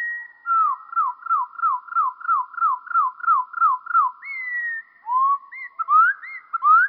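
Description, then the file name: Eurasian wren song in slow motion: a steady string of about ten downward-slurred whistles, then a long whistle and several rising, looping notes. Song slowed down by two octaves. "troglodyte-moins-2-octaves"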